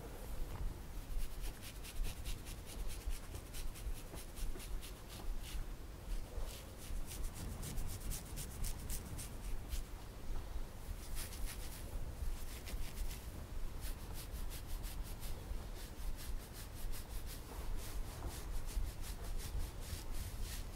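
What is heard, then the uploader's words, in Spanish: Hair is combed and scratched, making dense, crisp scratchy strokes that repeat quickly and fairly evenly throughout. Brighter bursts of rasping come in clusters, with a soft low rubbing underneath and no other sounds. Masaje Capilar - peinando y rascando el pelo.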